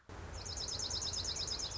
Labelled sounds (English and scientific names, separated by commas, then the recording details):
Dark-eyed Junco (Junco hyemalis)
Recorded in Sonoma County, California